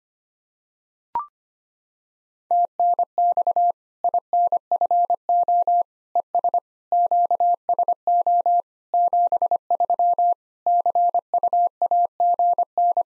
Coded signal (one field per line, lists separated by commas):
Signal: Morse code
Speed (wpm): 25 wpm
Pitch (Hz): 700 Hz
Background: none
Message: TNX INFO ES QSO 73 CUAGN